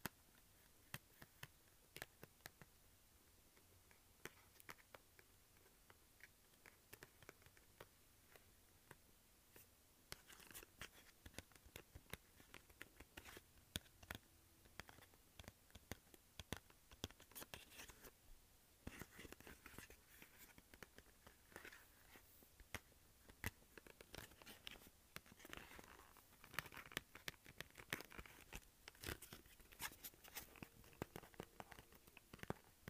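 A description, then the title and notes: Scratching and tapping on cardboard goes on steadily for the whole stretch, with dense clusters of sharp, crisp taps and scraping strokes. The busiest, loudest bursts come around the middle and again near the end, with brief quieter gaps between flurries. ASMR Scratching and Tapping Cardboard.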